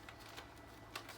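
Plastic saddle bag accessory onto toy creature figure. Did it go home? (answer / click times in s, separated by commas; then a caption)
yes / 1.0 s. A plastic saddle bag accessory from a Black Series Sandtrooper and Dewback deluxe set is pressed onto the Dewback creature figure, where it covers a screw hole on the side. A faint tap sounds at 0.1 s, then a sharper, brighter pop at 1.0 s as the saddle bag seats into place.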